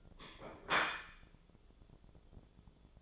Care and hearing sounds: daily activity, microphone in the room; place plate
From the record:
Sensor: 5

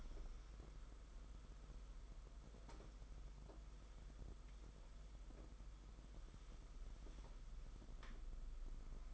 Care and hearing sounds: daily activity, microphone in the room; wipe stove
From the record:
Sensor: 5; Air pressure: 991.5 hPa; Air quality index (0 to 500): 122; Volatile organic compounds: 47 ppm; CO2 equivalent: 3254 ppm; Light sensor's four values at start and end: 34/103/40/44 and 34/98/39/42

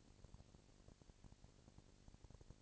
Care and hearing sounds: daily activity, microphone in the room; no activity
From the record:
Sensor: 5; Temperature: 19.8 degrees Celsius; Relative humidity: 36.7%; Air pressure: 997.1 hPa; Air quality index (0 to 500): 169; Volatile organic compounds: 14 ppm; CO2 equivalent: 2441 ppm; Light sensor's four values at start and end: 2/3/1/1 and 2/3/1/1

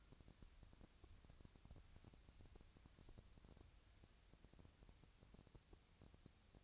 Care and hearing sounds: daily activity, microphone in the room; wipe stove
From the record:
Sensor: 2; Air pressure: 1000.4 hPa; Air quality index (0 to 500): 170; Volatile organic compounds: 3 ppm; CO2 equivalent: 1410 ppm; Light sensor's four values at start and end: 10/24/10/11 and 10/24/10/11

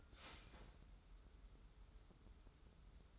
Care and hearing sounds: daily activity, microphone in the room; start toaster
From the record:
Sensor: 3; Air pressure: 994.4 hPa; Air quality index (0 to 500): 199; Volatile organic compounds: 1000 ppm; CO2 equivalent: 6605 ppm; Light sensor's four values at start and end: 188/452/191/190 and 188/451/190/190

